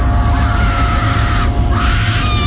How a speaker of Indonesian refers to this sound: teriak perempuan dari dalam ruangan itu.